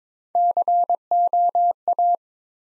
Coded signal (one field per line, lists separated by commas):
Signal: Morse code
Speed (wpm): 22 wpm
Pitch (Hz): 700 Hz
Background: none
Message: COA